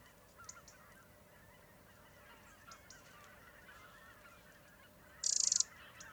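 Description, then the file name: Eurasian wren giving one short, harsh, high rattling call burst near the end, with faint scattered bird notes in the background. "Troglodytes troglodytes"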